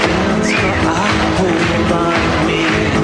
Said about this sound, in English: There you go, and everyone's clapping along. It's a free day out, isn't it? Fantastic.